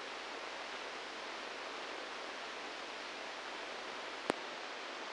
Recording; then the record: brain microelectrode recording played as sound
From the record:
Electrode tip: inside the subthalamic nucleus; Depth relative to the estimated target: 4 mm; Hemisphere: left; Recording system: NeuroSet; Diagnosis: Parkinson's disease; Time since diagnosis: 10 years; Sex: male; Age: 63 years